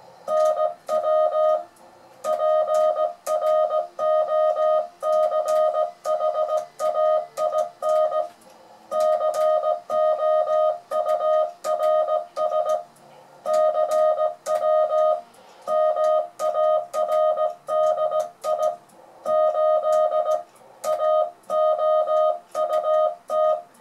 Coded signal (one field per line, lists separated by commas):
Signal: Morse code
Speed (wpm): 17 wpm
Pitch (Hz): 620 Hz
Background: music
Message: NW PROCHAIN COURS CW MARDI 8 AOUT